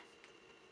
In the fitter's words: You can kind of hear it click, and it's going to rest right in there.